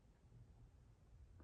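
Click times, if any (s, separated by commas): none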